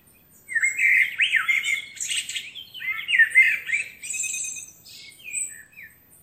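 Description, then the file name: Eurasian blackbird singing a continuous phrase of fluted, slurred notes interwoven with high thin twitters. "Turdus merula"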